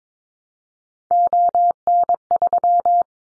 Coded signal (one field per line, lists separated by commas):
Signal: Morse code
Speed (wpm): 22 wpm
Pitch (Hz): 700 Hz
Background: none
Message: ON3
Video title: Callsign Prefixes in Top 50 DXCC 22wpm